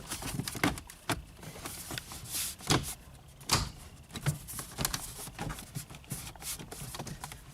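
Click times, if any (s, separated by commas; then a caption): 0.6 s, 1.1 s, 4.8 s. An aftermarket radio/dash unit in a 2006-2011 Honda Civic is pressed back into its opening in the plastic dash, taking care not to pinch any wires. Plastic creaks and rubs, with sharp snaps at 0.6 s, 1.1 s and 4.8 s. The unit seats and feels alright, though aftermarket units are hit or miss at snapping into place.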